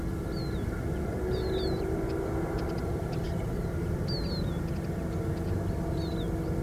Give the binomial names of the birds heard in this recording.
Spinus spinus, Fringilla coelebs, Turdus philomelos